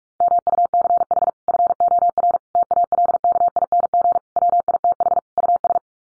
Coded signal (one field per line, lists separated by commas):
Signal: Morse code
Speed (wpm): 44 wpm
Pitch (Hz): 700 Hz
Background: none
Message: MUCH FOR TALKING WITH US